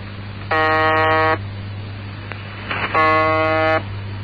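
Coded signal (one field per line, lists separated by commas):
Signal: channel marker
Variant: UVB-76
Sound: two harsh, rasping buzzes about two seconds apart over a low hum and static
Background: radio static, hum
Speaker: the Russians are in on the game too demonstrated by this station known simply as the buzzer which broadcasts around the clock from a Moscow suburb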